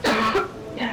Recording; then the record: coughing mixed with background sound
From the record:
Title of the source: Barking cough - # 10